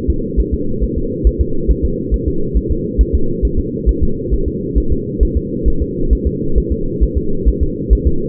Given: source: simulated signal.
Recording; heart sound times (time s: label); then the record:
fetal heart sounds
0.10 s: S2
0.40 s: S1
0.54 s: S2
0.84 s: S1
0.98 s: S2
1.27 s: S1
1.41 s: S2
1.71 s: S1
1.85 s: S2
2.14 s: S1
2.28 s: S2
2.57 s: S1
2.71 s: S2
3.01 s: S1
3.15 s: S2
3.45 s: S1
3.59 s: S2
3.89 s: S1
4.03 s: S2
4.34 s: S1
4.48 s: S2
4.78 s: S1
4.92 s: S2
5.23 s: S1
5.37 s: S2
5.68 s: S1
5.82 s: S2
6.13 s: S1
6.27 s: S2
6.58 s: S1
6.72 s: S2
7.03 s: S1
7.17 s: S2
7.48 s: S1
7.62 s: S2
7.93 s: S1
8.07 s: S2
From the record:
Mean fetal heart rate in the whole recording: 135 bpm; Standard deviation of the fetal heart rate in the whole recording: 3 bpm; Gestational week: 34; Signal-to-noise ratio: -8.1 dB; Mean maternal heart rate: 72 bpm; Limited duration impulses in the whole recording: absent